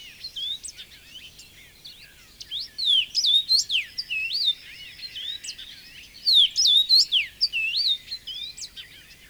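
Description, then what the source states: Common rosefinch song: clear sliding whistles in two short phrases a few seconds apart, with softer chirps around them. Found in suitable shrubland in southern and central Finland; fairly rare 20-30 years earlier.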